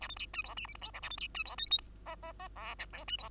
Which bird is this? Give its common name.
Bengalese Finch